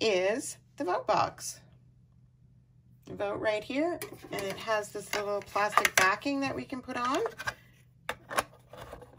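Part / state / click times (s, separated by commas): plastic backing piece on a doll-scale ballot box / seated / 8.1 s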